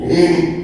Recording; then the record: squeal of a Yucatan mini pig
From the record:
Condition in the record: after surgery on the right vocal fold (resection and tissue-engineered implant); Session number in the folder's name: 3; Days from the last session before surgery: 33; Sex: male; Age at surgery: 12 weeks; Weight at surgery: 13 kg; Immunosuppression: cyclosporine, prednisolone